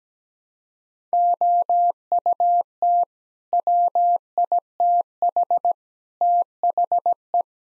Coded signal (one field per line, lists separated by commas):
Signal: Morse code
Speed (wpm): 17 wpm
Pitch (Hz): 700 Hz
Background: none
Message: OUT WITH THE